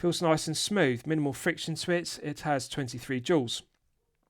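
The steel crown of a Hanhart 415 ES 39mm chronograph watch is being handled in the time-setting position before it is pushed back into the watch case to restart the movement. A man talks steadily until about 3.6 seconds, then there is near silence. Nothing has seated or clicked yet.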